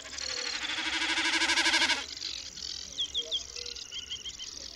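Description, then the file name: Common snipe drumming, a loud vibrating bleat of about two seconds, followed by several brief high chirps. "Kszyk"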